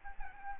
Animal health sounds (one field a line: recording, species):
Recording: mosquito wingbeat signal from an infrared sensor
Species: Aedes albopictus